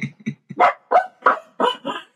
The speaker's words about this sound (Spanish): Se escucha de fondo a mis perras ladrando porque están de mañana y ya casi les toca ir al baño, entonces por eso están así de fastidiosos.